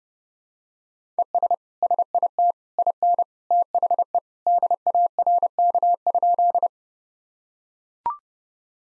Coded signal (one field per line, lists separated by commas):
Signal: Morse code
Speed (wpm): 30 wpm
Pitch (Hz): 700 Hz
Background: none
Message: ES SIT IN THE DARK?